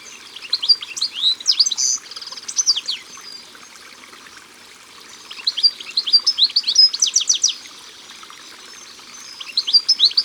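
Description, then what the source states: European goldfinch twittering in quick, bright phrases of high chirps, in several bursts separated by quiet gaps. Recorded by the water.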